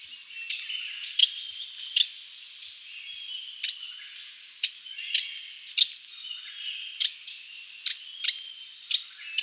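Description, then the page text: Radde's warbler uttering sharp, brief tuc calls at irregular intervals, around a dozen notes, against a continuous shrill background hiss. "Raddes Warbler Call. Quick Sounds"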